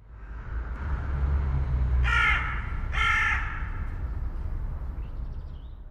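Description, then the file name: Carrion crow giving two harsh, grating caws about a second apart, with a low background rumble throughout. "Corvus corone"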